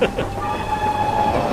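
A train brakes as it rolls steeply downhill towards the Pittsfield tunnel, a steady high metallic squeal ringing over a continuous heavy rumble of wheels on track, loud and unbroken throughout.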